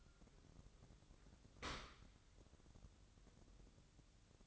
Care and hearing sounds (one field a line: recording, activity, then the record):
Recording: daily activity, microphone in the room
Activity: open dishwasher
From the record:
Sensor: 3